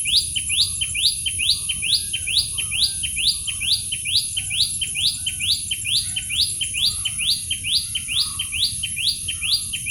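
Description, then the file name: Common tailorbird calling: loud, sharp, repeated two-part notes, rising then dropping, about two per second in a steady rhythm, over a constant high hum and low background rumble. "Common tailorbird (Orthotomus sutorius) call"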